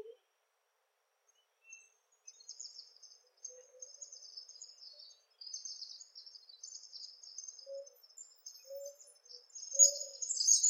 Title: Sanhaçu-do-coqueiro (Tangara palmarum)